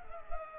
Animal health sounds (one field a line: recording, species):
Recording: mosquito wingbeat signal from an infrared sensor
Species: Culex pipiens